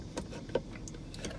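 A tape-deck unit is lined up with its opening in the plastic center console of a Chevy/GMC truck before being pushed home. Only light tapping and handling sounds are heard, with a few short, faint taps spread across the 1.5 seconds. Nothing has seated or clicked yet.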